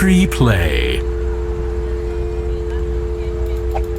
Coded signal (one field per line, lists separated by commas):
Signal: telephone call progress tone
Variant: North America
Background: speech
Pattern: dial tone